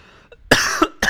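A harsh, explosive cough lasting about a third of a second is followed by the sharp onset of a second cough as the clip ends. These are isolated dry-sounding coughs from an adult in a small indoor room, with no wheeze or stridor heard.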